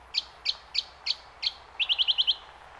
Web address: Sound Effects-Foundation 1 AMBIENCE YANDINA BOTANIC GARDENS BIRDS